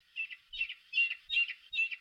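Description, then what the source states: Bird calls, five short high notes in quick succession. Call echoing in the mountains.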